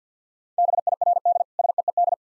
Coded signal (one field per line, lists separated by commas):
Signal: Morse code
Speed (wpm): 50 wpm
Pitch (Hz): 700 Hz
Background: none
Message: BIRD SEED